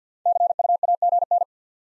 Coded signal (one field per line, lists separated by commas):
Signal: Morse code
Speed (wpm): 50 wpm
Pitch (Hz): 700 Hz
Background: none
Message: CUAGN